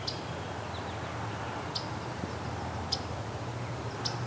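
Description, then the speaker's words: Myrtle Warbler giving four soft, sharp tick calls spread throughout over steady low background noise. Soft tick call, a sound heard in some spots around here in winter. "It's a myrtle warbler with its tick."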